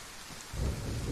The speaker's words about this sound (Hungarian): Megérkezett a dörgés. Ez tök jól meg van csinálva egyébként a játékban. Ez is. Ez a része is.